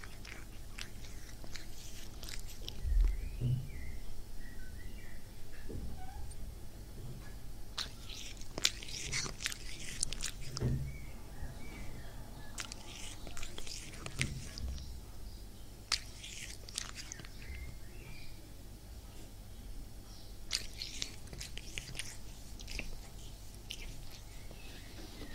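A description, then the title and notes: Cats purr with a low, steady rumble, broken by soft rustling bursts and an occasional faint meow throughout. ASMR with my cats massaging, purring, cuddling.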